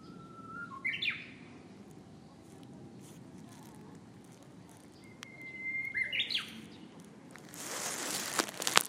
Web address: hakuchanchi uguisu